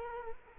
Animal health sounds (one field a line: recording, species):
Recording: mosquito wingbeat signal from an infrared sensor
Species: Culex quinquefasciatus